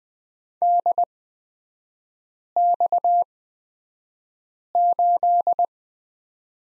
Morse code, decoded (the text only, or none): DX8